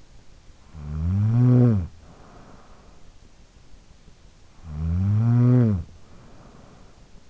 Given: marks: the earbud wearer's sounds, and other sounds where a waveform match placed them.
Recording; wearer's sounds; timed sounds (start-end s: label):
sounds in sleep by an in-ear microphone; snoring breath
0.33-3.23 s: snoring breath
4.38-7.30 s: snoring breath